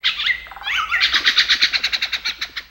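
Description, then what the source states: Bird call: a few sharp whistled notes and a sliding whistle, then a rapid series of many clipped, evenly spaced chirps that fade away. Amazon ambience.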